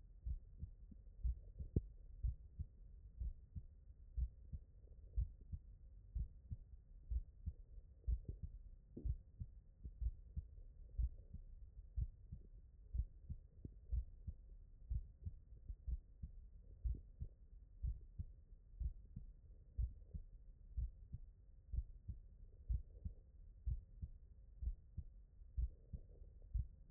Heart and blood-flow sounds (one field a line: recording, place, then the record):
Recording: heart sounds by stethoscope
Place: tricuspid valve (TV)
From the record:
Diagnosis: non-HFrEF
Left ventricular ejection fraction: 61%